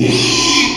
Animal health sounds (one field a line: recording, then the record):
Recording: squeal of a Yucatan mini pig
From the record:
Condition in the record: after surgery on the right vocal fold (resection and tissue-engineered implant)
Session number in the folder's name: 2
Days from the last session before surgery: 13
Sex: male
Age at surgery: 12 weeks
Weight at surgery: 13 kg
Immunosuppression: cyclosporine, prednisolone